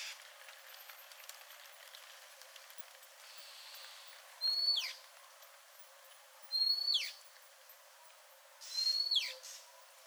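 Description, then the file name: Oriental magpie-robin repeating a bright whistle ending in a falling slur, three phrases spaced about two seconds apart over a faint hiss. "suara asli kacer"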